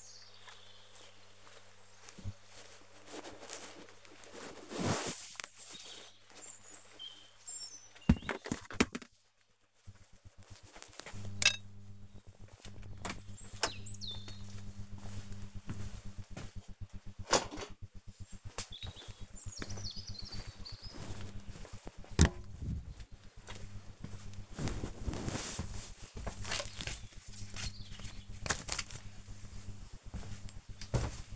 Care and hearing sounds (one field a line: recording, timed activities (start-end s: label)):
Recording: household activities, microphone on the right wrist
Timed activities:
19.01-31.36 s: working in the garden